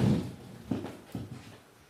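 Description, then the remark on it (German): A door swings shut with a soft low thud, followed moments later by a second dull knock as it settles, over a faint background hush. “Ich würde da mal die Tür zumachen, das stört mich da doch.”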